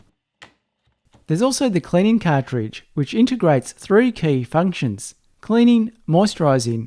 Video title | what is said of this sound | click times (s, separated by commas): Print on Anything! EUFYMAKE E1 UV Printer Review | just push each one in until it clicks. | 0.4 s